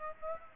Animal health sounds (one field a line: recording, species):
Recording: mosquito wingbeat signal from an infrared sensor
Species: Aedes aegypti